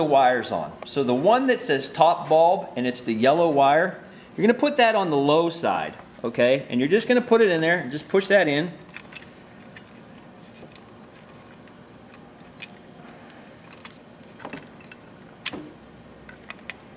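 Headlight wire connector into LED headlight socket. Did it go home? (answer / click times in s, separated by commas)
no / none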